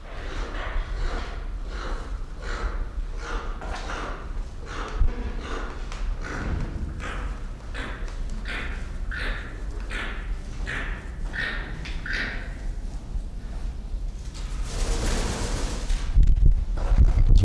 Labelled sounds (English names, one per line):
Keel-billed Toucan grunting